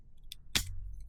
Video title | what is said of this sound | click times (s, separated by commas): Episode 4 - Restoring a Benelli Dynamo mini motorbike | and it locks in place, | 0.3 s, 0.6 s